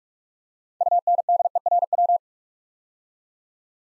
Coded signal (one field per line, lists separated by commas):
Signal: Morse code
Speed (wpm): 44 wpm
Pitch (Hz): 700 Hz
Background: none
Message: UNDERW